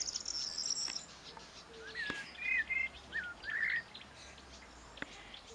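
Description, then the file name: Common blackbird singing a few mellow whistled phrases, over high twittering from other birds and a soft background hiss. "Turdus merula"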